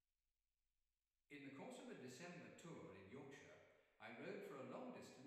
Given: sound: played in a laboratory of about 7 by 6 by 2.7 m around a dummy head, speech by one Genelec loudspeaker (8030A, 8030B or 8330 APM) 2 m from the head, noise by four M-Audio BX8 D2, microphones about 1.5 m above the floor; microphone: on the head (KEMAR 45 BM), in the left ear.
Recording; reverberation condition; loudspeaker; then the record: male speech in English; high; 150 degrees to the left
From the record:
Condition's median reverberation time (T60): about 1300 ms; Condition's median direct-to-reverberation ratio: about -4.0 dB